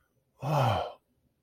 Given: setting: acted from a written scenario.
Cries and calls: vocal sound without words; awe

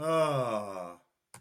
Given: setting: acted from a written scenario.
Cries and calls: vocal sound without words; positive surprise

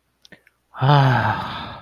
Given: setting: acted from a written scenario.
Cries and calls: vocal sound without words; serenity

